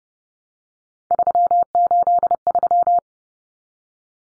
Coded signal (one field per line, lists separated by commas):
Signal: Morse code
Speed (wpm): 30 wpm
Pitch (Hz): 700 Hz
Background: none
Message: 383